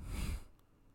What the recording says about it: My dog snoring. It might be quiet, but she's having a nap right beside me. My good old faithful girl, 13 years old. 13 and a half.